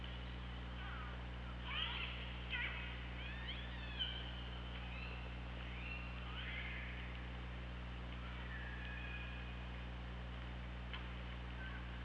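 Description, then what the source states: Killer whale calls: several short squealing, bending calls in the first half, then fainter whistles, all over a constant low underwater hum. Recorded on the OrcaLab hydrophone, 24 August 2017 at 15:27.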